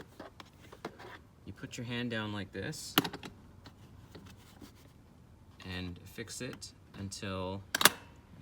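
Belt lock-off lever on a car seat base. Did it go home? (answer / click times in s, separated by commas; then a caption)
yes / 7.9 s. Someone talks while pressing down on an Evenflo Revolve 360 All-In-One car seat base after the belts are tightened, closing its plastic belt lock-off lever. A sharp click at 7.9 s marks the lever snapping shut, and the lock-off is seated.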